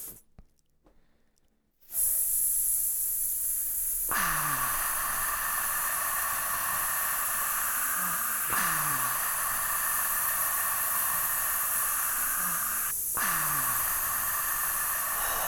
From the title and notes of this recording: I was working with a microphone (AT-2010) and looper (Boss RC-505), which has five tracks. I produced each of these sounds with my mouth, using only breath, no tone. I used the looper to record and repeat these sounds, to give a sense of the whispered word, without revealing it directly.